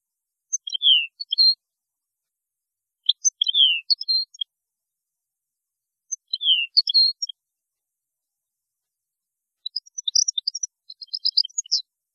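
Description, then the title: European goldfinch song, short high twittering phrases repeated about every three seconds, ending in a longer run of rapid tinkling notes. "Chant Chardonneret"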